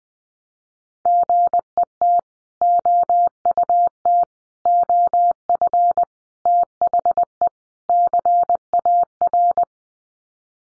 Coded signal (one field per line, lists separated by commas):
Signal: Morse code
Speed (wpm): 20 wpm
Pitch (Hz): 700 Hz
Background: none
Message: GET OUT OF THE CAR